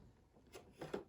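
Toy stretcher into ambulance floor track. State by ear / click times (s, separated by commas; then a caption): not seated / none. A collapsed plastic toy stretcher is being pushed into the floor track inside a Bruder Toys Sprinter toy ambulance. Soft handling noise builds to two short knocks at about 0.8 s and 0.9 s. Nothing has seated or locked into place yet.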